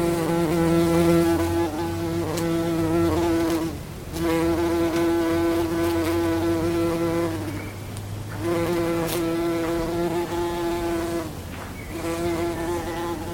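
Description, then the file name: Bumblebee buzzing: a continuous low, buzzy drone that breaks off and returns in four long stretches. "Hummel bee"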